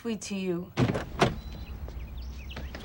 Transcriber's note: soundbite of car door